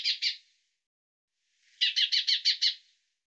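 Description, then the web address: Bird calling in rapid, high chattering bursts: a short run of quick notes, a pause, then a longer run of several quick notes. "cianscape birddata Deverinetal 2025 Bird Fr Co"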